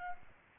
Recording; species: mosquito wingbeat signal from an infrared sensor; Aedes aegypti